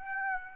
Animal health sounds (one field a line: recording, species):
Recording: mosquito wingbeat signal from an infrared sensor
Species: Aedes aegypti